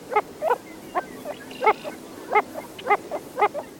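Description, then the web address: Wilson's Phalarope giving short, nasal grunting notes in a quick, uneven series. "birdnote-daily- episodio wilsons-phalarope"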